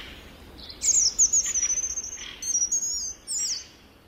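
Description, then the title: European robin song, thin piercing high whistles strung together with brief twittering notes in a short, sparkling phrase. "Viikon luontoääni: Punarinta"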